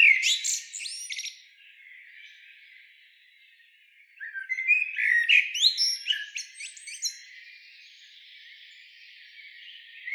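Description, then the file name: Common blackbird singing a short fluted phrase with a squeaky ending, then, after a few seconds of quiet, a longer warbling phrase full of high twitters. "Turdus merula"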